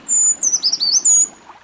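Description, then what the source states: Brown creeper song: a high, thin, long note, then a quick series of lower wavering notes, ending on a rising note held level. Found in major parks or forests.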